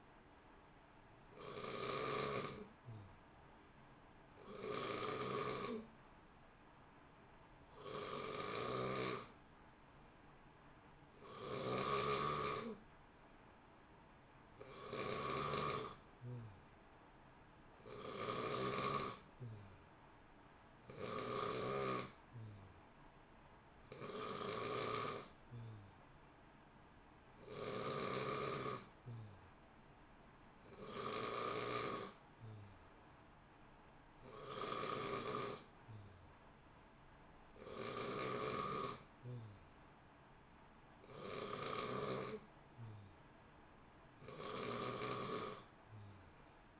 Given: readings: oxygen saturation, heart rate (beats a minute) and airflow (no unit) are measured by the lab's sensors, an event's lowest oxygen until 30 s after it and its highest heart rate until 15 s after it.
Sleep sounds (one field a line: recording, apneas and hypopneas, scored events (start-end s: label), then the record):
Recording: breathing in sleep by a voice recorder at the bedside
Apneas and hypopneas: none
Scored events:
none scored
From the record:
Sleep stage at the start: N2 (light sleep)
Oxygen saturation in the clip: 89 to 91%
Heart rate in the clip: 59 to 63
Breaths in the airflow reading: 14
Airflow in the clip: -0.8 to 0.9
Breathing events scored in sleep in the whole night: 328 in 6.3 hours asleep